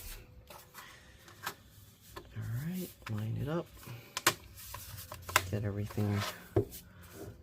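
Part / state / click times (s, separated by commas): laptop bottom cover into chassis / not seated / none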